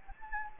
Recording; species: mosquito wingbeat signal from an infrared sensor; Anopheles gambiae